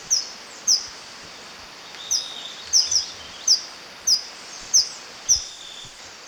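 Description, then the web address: Bird calls: high, clipped chirps repeated at uneven intervals, once doubled, against constant soft hiss. Ecuador. "Natures Songs S America Birds of Ecuador"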